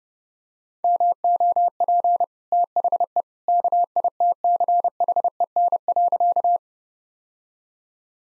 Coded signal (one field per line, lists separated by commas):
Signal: Morse code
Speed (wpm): 32 wpm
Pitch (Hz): 700 Hz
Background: none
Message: MOP THE KITCHEN.